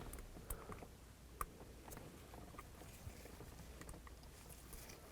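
A plastic wiring connector is handled and lined up with the program and source radio control switch on the steering wheel of a 2000-2006 Chevy Tahoe. Faint ticks and taps at about 0.5, 0.7 and 1.4 seconds sit over a low steady background hum. Nothing has seated or clicked yet, and the connector is not locked in.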